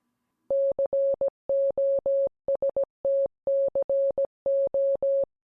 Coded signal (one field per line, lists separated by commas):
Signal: Morse code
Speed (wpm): 17 wpm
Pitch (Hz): 550 Hz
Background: none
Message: COSTCO